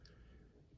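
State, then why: Seated. The blade of a large white smooth-bone-handled Rough Rider Big Daddy Barlow slip-joint folding knife (RR 1035) is worked, and its backspring snaps it into place with one sharp, strong click at 0.1 s. A low, steady background hum follows, and the blade is seated.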